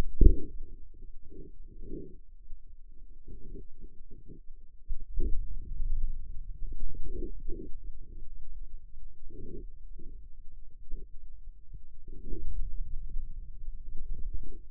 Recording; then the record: forearm muscle sounds (acoustic myography)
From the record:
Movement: inward rotation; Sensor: system 2, bracelet of six BSWA MPA416 microphones around the upper forearm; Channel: 5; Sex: male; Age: 22 years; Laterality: right